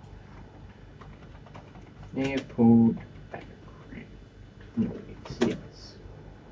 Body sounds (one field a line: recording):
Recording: background sound without coughing